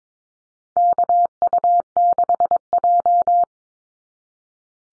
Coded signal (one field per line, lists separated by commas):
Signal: Morse code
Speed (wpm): 22 wpm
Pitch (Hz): 700 Hz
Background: none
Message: KU6J